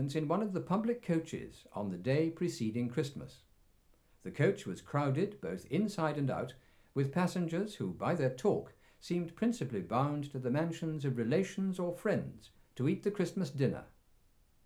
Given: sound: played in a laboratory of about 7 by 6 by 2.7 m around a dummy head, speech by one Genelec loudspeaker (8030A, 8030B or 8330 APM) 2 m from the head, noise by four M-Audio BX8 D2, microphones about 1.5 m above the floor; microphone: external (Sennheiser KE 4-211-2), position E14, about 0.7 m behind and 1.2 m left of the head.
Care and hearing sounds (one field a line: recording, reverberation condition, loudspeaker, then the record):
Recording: male speech in English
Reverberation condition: low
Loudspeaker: 90 degrees to the left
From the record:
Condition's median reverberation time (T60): about 310 ms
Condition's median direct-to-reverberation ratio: about 3.5 dB